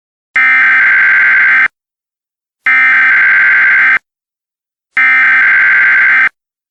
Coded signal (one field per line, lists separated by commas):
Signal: Emergency Alert System (SAME) tones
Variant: header bursts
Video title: EAS Scenario: Absolutely Radioactive Part 1